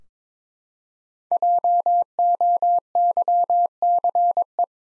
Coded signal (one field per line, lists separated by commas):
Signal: Morse code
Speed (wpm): 22 wpm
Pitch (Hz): 700 Hz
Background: none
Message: JOYCE